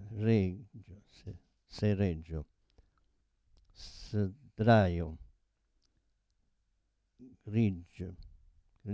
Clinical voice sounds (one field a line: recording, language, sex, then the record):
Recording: read list of words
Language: Italian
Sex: male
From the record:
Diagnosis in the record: Parkinson's disease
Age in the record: 72 years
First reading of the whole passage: 118 s, 4.4 characters per second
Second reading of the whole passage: 99 s, 5.2 characters per second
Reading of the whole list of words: 88 s, 3.2 characters per second